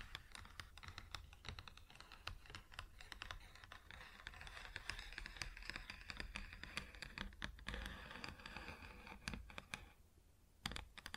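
Fingers tap and scratch on a wooden surface in a quick, uneven patter of sharp clicks, sounding much like typing. The taps stay dense for about ten seconds, with a soft rubbing scratch underneath, then thin out into a near-silent gap before a few final knocks.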